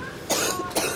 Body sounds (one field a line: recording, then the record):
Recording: coughing mixed with background sound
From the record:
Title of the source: 60 coughing still (deep and wet cough)